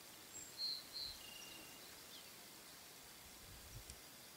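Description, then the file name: White monjita song: two short, clear, high whistles a third of a second apart, followed by a faint thin note, against constant background hiss. "O canto da Noivinha branca"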